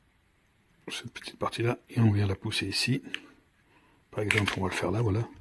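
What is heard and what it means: A small plastic mounting clip is handled against the housing of a Hoestr 64GB 1296P body camera with audio (2500mAh, 180° rotating), held and pushed toward its slot while someone talks. Nothing has seated or clicked yet; the clip is not yet home.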